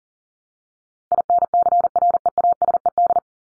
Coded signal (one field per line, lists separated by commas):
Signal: Morse code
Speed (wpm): 40 wpm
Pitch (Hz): 700 Hz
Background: none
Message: INCREASED